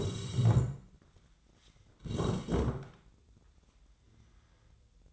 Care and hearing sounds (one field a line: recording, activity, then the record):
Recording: daily activity, microphone in the room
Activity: sit down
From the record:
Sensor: 3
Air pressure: 1012.2 hPa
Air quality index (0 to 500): 172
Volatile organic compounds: 3 ppm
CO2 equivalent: 1323 ppm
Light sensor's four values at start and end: 75/169/82/89 and 74/167/81/86